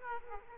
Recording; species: mosquito wingbeat signal from an infrared sensor; Aedes aegypti